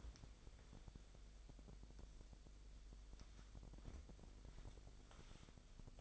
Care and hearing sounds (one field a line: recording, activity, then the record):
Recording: daily activity, microphone in the room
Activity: wipe stove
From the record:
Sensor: 5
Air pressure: 1001.7 hPa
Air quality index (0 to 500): 180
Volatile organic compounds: 11 ppm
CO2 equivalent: 2310 ppm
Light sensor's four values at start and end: 24/82/31/32 and 24/79/30/31